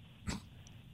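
One brief, muffled cough from an adult radio host over a quiet studio background.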